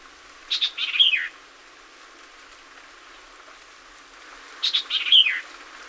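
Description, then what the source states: White-eyed Vireo song: a short, snappy phrase of sharp chips and slurred notes, given twice about four seconds apart over a faint hiss. Recorded 26 April 2019; seventeen songs.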